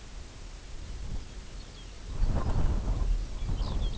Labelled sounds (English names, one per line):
unidentified sound
Lapland Longspur